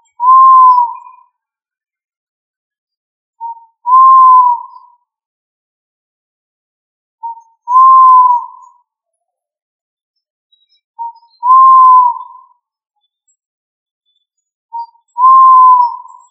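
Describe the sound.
Pigeon cooing in a clean, whistled pattern: a short note followed by a longer, slightly falling note, repeated roughly every four seconds, with near silence between phrases.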